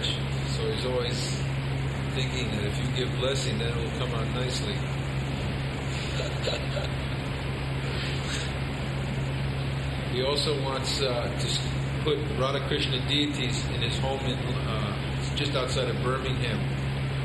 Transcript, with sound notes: so he's always thinking that if you give blessing, then it will come out nicely. [Prabhupāda laughs] He also wants to put Rādhā-Kṛṣṇa Deities in his home. It's just outside of Birmingham,